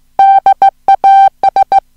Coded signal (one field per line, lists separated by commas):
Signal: Morse code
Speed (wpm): 17 wpm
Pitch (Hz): 780 Hz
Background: music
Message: DAS